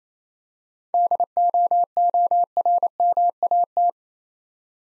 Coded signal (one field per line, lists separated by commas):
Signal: Morse code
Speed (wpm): 27 wpm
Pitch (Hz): 700 Hz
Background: none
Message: DOORMAT